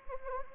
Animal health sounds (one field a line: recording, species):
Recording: mosquito wingbeat signal from an infrared sensor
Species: Anopheles gambiae